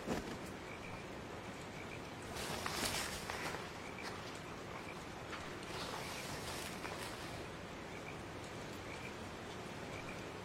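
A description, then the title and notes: Steady rain falls in a dense, even hiss, with frogs croaking through it and faint insects chirring high above. Brighter bursts of heavier drops come around the third second and again near the sixth and seventh seconds, while the overall level stays calm. The calm sound of rain The sound of grass insects and frogs.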